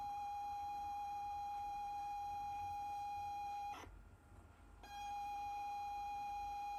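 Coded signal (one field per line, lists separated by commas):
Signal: ZX Spectrum tape loading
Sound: steady buzzy mid-pitch lead tone, a short silent gap with clicks, then the tone again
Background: tape hiss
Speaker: To escape, we can press break twice, but we're going to watch this load right now.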